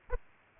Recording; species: mosquito wingbeat signal from an infrared sensor; Aedes aegypti